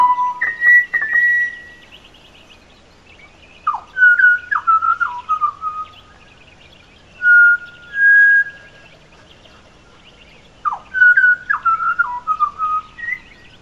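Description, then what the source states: Pied butcherbird song: pure whistled notes, a low note leaping to a higher one, then phrases of falling whistles and held notes, separated by pauses. Nocturnal song on a phone recording from Toowoomba, around 4:40 a.m. on several days; two notes a semitone short of an octave apart, described as a musical choice rather than a vocal limitation.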